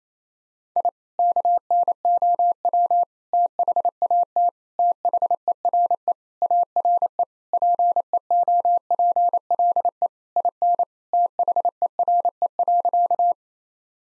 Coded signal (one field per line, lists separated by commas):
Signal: Morse code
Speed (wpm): 28 wpm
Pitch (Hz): 700 Hz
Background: none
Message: I KNOW THAT THERE ARE PEOPLE IN THERE.